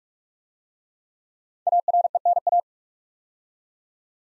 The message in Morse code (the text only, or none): ARENA